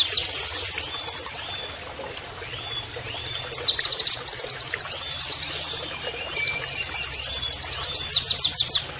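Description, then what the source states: Oriental white-eye song: three long high trilled phrases, the later ones introduced by brief twittering flourishes, with quiet gaps between. Canary-like singing (kenarian), used in masteran training to teach song to caged birds; a vigorous (gacor) singer.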